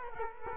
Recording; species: mosquito wingbeat signal from an infrared sensor; Culex quinquefasciatus